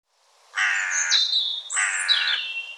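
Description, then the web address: Bird calling two harsh, grating notes, each ending in a higher, thinner tail that slides downward. "cianscape birddata Deverinetal 2025"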